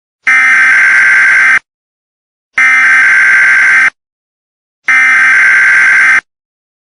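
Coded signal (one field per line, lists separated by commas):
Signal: Emergency Alert System (SAME) tones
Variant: header bursts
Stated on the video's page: Fictional EAS scenario in analog horror style; simulated alert, not a real broadcast.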